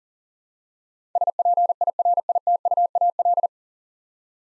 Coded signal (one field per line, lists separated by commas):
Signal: Morse code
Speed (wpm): 40 wpm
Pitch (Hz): 700 Hz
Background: none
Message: SPIRITUAL